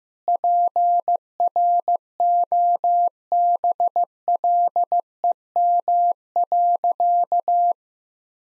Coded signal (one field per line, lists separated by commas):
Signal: Morse code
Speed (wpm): 15 wpm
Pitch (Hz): 700 Hz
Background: none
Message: PROBLEM.